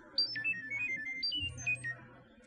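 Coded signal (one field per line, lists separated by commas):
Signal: data over sound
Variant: Chirp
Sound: rapid melodic string of about 15 short beeping tones, like a bird-like chirp tune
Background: room hum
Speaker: so live demo time well I can let you hear what it what it sounds like so this is just a very short little message that will send about 50 bits worth of data into the into the into the air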